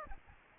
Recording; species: mosquito wingbeat signal from an infrared sensor; Aedes aegypti